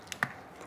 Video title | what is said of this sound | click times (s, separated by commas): Samsung Galaxy Tab A9 8.7 X110 Screen Replacement | Push down. Should click into position. | 0.2 s